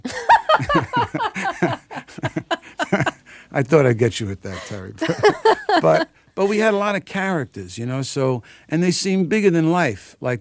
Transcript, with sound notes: I thought I'd get you at that, Terry.
(Laughter).
But we had a lot of characters, you know? So - and they seemed bigger than life,